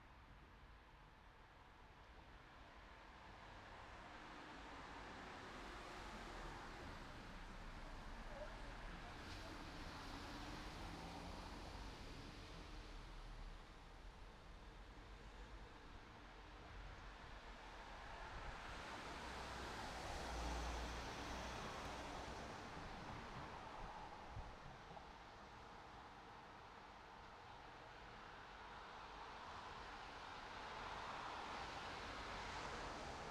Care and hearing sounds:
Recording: everyday scene through a hearing-aid microphone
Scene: in traffic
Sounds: traffic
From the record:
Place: city secondary road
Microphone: in the ear canal, right

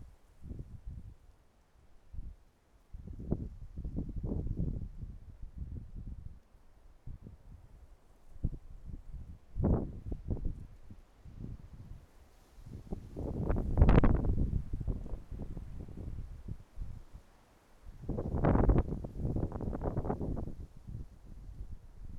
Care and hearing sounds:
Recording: everyday scene through a hearing-aid microphone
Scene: wind on the microphone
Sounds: wind, traffic, birds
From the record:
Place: suburban garden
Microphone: behind the ear, right, front

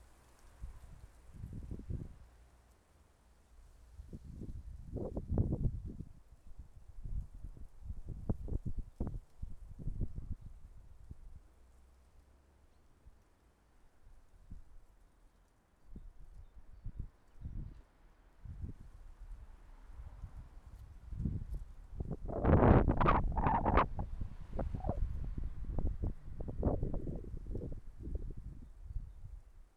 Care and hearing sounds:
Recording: everyday scene through a hearing-aid microphone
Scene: wind on the microphone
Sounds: wind, traffic, birds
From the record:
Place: suburban garden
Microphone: behind the ear, left, rear

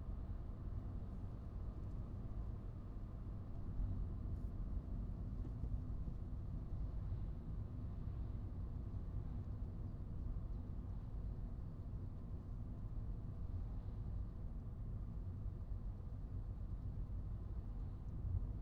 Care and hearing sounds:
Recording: everyday scene through a hearing-aid microphone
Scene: in a vehicle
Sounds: engine, traffic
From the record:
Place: Skoda Fabia, gasoline engine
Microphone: in the ear canal, right

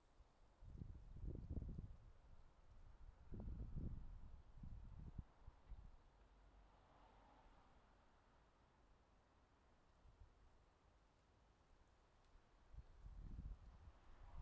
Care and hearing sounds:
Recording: everyday scene through a hearing-aid microphone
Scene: wind on the microphone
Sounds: wind, traffic, birds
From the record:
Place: suburban garden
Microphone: in the ear canal, left

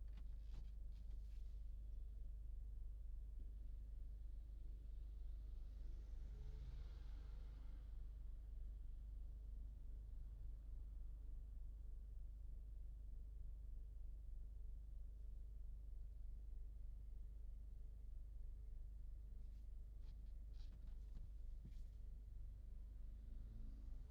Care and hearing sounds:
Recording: everyday scene through a hearing-aid microphone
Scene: in a vehicle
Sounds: engine idling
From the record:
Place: Berlingo II, diesel engine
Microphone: in the ear canal, left

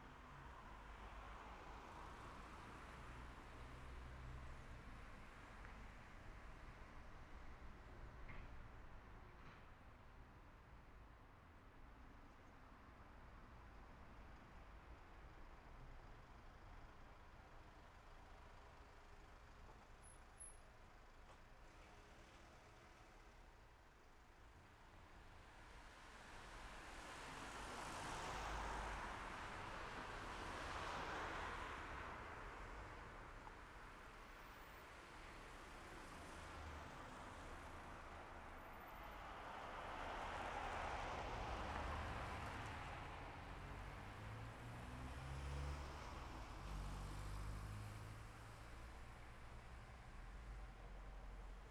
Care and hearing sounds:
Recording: everyday scene through a hearing-aid microphone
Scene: in traffic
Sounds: traffic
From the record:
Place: city secondary road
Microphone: behind the ear, left, rear

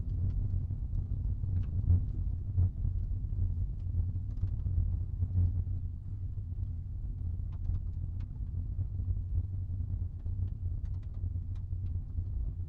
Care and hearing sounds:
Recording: everyday scene through a hearing-aid microphone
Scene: in a vehicle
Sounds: engine, rumble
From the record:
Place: Skoda Fabia, gasoline engine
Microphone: in the ear canal, right

